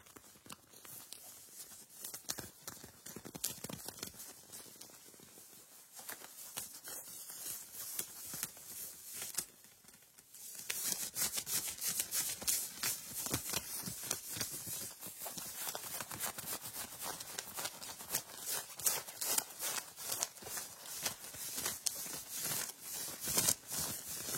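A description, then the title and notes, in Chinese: Clothing rubbing and brushing in a dense, continuous run of quick rustles and scratchy strokes, bright and hissy with little low end. A brief lull comes near ten seconds, then the friction returns busier and somewhat louder, with crisp strokes repeating rapidly to the end. 衣服摩擦。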